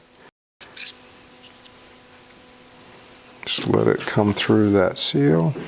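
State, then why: Not seated. A speedometer drive gear for a Porsche 902 transmission is slid carefully into the bore of the transmission case and lined up before being pushed through the seal. Quiet handling sounds with faint clicks are heard around 0.6–1.0 seconds, then someone talks from about 3.4 seconds. Nothing has seated or clicked yet.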